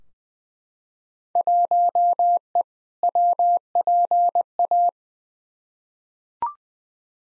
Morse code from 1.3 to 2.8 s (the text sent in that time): 1E